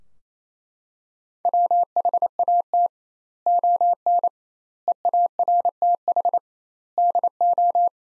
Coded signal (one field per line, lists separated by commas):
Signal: Morse code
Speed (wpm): 28 wpm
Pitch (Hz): 700 Hz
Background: none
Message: WHAT ON EARTH DO